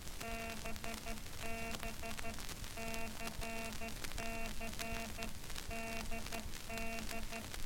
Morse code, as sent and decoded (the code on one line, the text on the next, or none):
-... -... / -.-. -.-. / -.. -..
BB CC DD